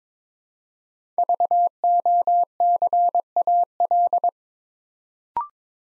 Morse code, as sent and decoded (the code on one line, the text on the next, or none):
...- --- -.-. .- .-..
VOCAL